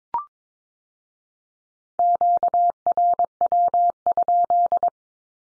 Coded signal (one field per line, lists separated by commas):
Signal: Morse code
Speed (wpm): 22 wpm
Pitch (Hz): 700 Hz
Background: none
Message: QRW?